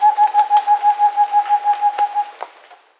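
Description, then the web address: Rufescent screech owl delivering a quick run of soft, low hoots at an even tempo, fading out at the end of the series. Recorded in South America. "Natures Songs S America Rufescent Screech-Owl (Otus Ingens)"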